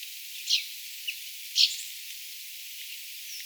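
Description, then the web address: Common chaffinch calls, sharp high notes about a second apart with a soft chip between the first two, against a constant hissing background. Young chaffinch, recorded 22 August 2025. "paivat 22 8 2025 tuollaisia nuoren peipon aania"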